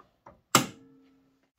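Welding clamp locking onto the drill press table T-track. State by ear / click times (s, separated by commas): seated / 0.6 s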